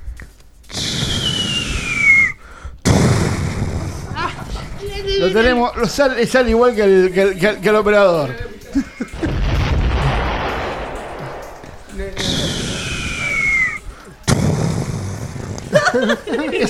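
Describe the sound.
A live-made bomb explosion sound effect plays twice: a falling whistle, then a rough, loud burst. People talk between the blasts, and a wavering, warbling passage sounds in the middle.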